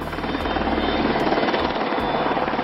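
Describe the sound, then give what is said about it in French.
Paparazzi helicopters drone steadily overhead at a 1984 wedding ceremony with actor Sean Penn, a dense, continuous roar with rhythmic rotor thumping pulsing through it, loud and unbroken with no voices. “À son mariage, en 1984, avec l'acteur Sean Penn, elle lève le majeur vers les paparazzi et les hélicoptères qui se sont invités à la cérémonie.”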